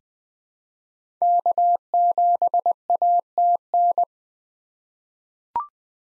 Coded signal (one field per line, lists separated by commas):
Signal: Morse code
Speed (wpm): 20 wpm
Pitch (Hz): 700 Hz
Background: none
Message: K7ATN